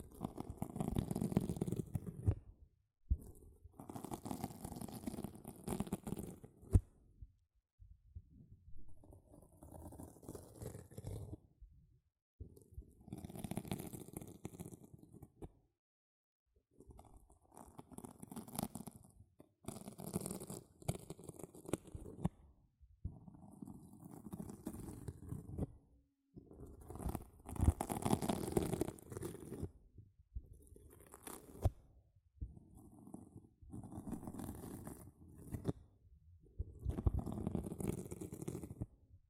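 A sponge is squished and scratched in repeated bursts of a few seconds each, with rough, crackly, wet-sounding textures separated by brief silences.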